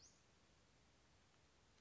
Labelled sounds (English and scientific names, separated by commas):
Western Flycatcher (Empidonax difficilis)